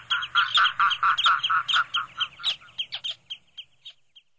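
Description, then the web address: Red-throated loon giving a rapid series of harsh, cackling calls, loud at first, then fading and thinning toward the end. Recorded on Sakhalin and the Kuril Islands. "priroda sakhalina i kuril. Gavia stellata"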